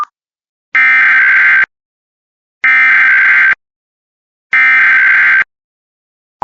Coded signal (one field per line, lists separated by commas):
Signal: Emergency Alert System (SAME) tones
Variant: header bursts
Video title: Texas Amber alert EAS #31